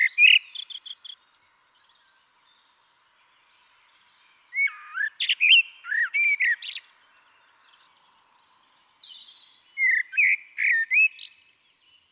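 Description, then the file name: Eurasian blackbird song: a high twittering start, a pause, then several mellow fluty phrases with squeaky high flourishes and short gaps. "Turdus merula"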